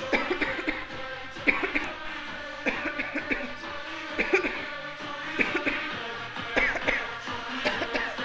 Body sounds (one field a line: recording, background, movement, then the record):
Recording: voluntary coughing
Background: music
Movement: walking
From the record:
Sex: female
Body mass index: 36.4 kg/m2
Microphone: on the chest, facing the body